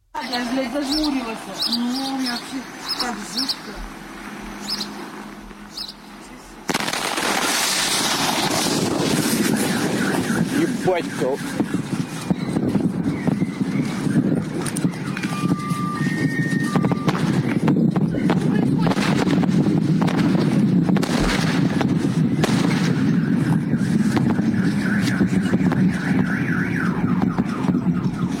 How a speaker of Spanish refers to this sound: Ese es el sonido del meteorito en su caída hacia la Tierra. Esas son las ondas de choque que se abren paso y rompen los cristales, como decía, decenas de kilómetros a la redonda.